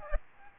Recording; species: mosquito wingbeat signal from an infrared sensor; Aedes aegypti